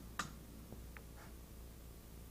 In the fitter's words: lift the leg support pad while pushing outward on the handle you'll hear a distinct click as the locking mechanism engages